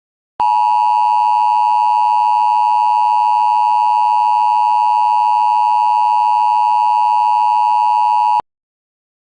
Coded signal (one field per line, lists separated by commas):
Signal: Emergency Alert System (SAME) tones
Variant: 853 and 960 Hz attention tone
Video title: Tornado Watch (EAS #28-29)